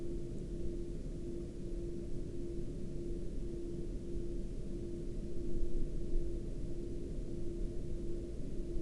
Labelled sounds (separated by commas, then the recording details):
flare stack
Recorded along the Dalton Highway, Alaska, on 24 October 2019 at 09:21
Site 07